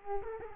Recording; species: mosquito wingbeat signal from an infrared sensor; Culex quinquefasciatus